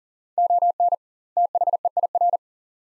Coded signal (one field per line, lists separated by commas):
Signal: Morse code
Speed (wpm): 40 wpm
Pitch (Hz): 700 Hz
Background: none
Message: ON THEIR